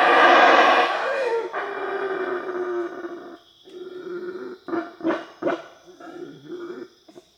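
Black howler monkey letting out a loud, rough roar that fades into a string of shorter guttural grunts.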